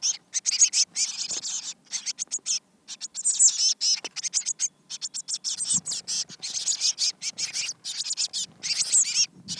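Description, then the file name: Eurasian blue tit calls, a dense run of high, thin chirps and twittering notes in quick bursts broken by short gaps, with faint low rustling underneath. "Cyanistes caeruleus"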